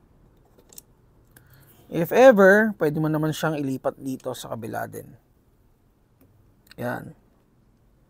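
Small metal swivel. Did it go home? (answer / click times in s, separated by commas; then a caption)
no / none. Someone talks while moving a quick-release sling swivel toward the sling socket on the other side of a rifle, with a few faint, brief handling ticks around the speech. The clip ends before the swivel goes home, so nothing has seated or clicked yet.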